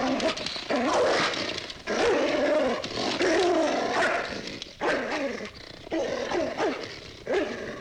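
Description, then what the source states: Dog snarling: rough growls in bursts about one to two seconds long, with brief gaps between. Dog snarling and attacking.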